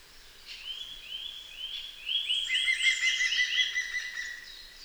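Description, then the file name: Eurasian nuthatch delivering a rapid series of rising piping notes; a second, lower and quicker run overlaps midway. "Sitta europaea"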